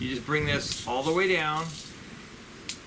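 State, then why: Seated. Someone talks while pulling the spring follower of a plastic BB magazine for an HK MP5 K-PDW airgun all the way down. A sharp snap at 2.7 s marks it locking in place for loading.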